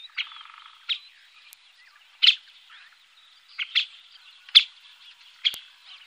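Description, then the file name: Syrian woodpecker giving sharp, loud kik calls at irregular intervals, with faint chattering between them. "Koshlar tavyshy - Tukran Dendrocopos syriacus"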